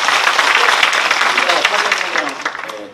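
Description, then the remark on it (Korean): An audience applauds steadily for about three seconds, a dense wash of many hands clapping at once, loud throughout and gradually thinning toward the end. “팬이라서 박수 한번 보내주시기 바랍니다.”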